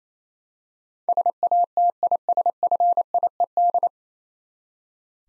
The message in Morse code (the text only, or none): SATISFIED